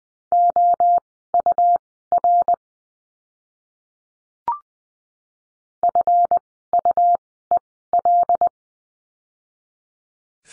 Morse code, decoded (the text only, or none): OUR FUEL